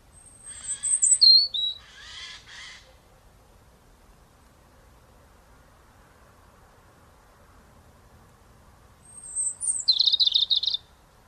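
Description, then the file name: European robin giving two high, thin, tumbling song phrases separated by a long quiet gap, the first followed by a harsh rasping burst. "Erithacus rubecula"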